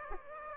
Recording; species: mosquito wingbeat signal from an infrared sensor; Aedes aegypti